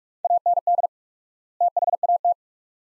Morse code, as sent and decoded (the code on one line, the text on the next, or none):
.- -. -.. / - .... .- -
AND THAT